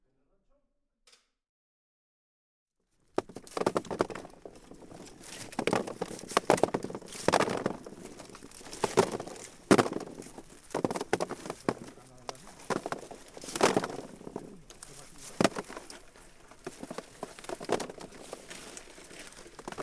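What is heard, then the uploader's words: A Basque Country field recording opens with about three seconds of near silence and a faint click. A busy, continuous mix then cuts in, full of irregular loud bursts and clatter, with a murmur resembling voices running through it to the end. A compilation of different field-recording made all along the Basque Country.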